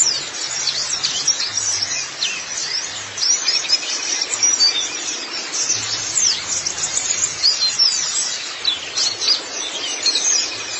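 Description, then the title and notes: White-eye song, lively high twittering in bursts of sharp chirps and quick slurred notes, with faint low hum underneath. "Kicauan Burung Pleci Durasi Panjang. Suara kicauan burung pleci"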